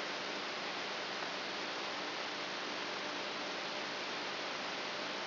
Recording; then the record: brain microelectrode recording played as sound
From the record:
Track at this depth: outside the subthalamic nucleus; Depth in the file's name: 1.241 mm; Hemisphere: left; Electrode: 3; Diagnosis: Parkinson's disease